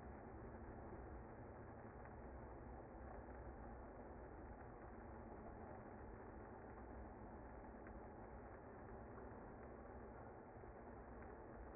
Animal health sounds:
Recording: honeybee colony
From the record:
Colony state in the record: active

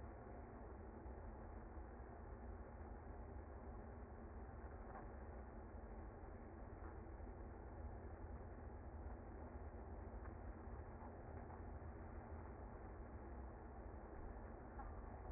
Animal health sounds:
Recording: honeybee colony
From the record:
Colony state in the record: active

